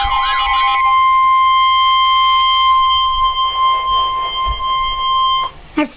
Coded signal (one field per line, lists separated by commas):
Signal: Emergency Alert System (SAME) tones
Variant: 1050 Hz attention tone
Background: speech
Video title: EAS #59 Severe Thunderstorm Warning 5/20/14